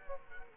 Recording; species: mosquito wingbeat signal from an infrared sensor; Culex quinquefasciatus